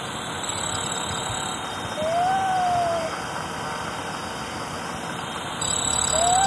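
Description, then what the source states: Cinnamon screech owl call: a clear, pure whistled note that rises slightly then eases down over about a second, a second note starting at the end, over steady background noise. Recorded in Ecuador.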